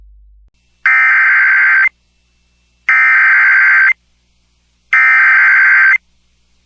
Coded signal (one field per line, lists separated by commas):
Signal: Emergency Alert System (SAME) tones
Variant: header bursts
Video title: Top 5 SCARIEST Emergency Alerts.